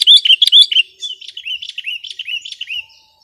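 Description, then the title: Sooty-headed bulbul song: a loud cluster of chirps followed by a series of softer, downslurred whistled notes. "kutilang"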